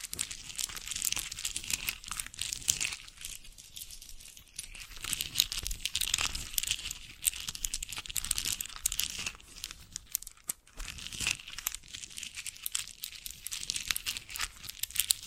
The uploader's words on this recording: ASMR Sensitive & Sleepy Triggers Bracelets and Jewelry Boxes (No Talking).